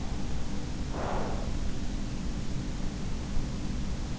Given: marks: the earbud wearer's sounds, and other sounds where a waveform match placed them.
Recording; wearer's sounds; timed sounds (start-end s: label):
sounds in sleep by an in-ear microphone; breath
0.69-3.54 s: breath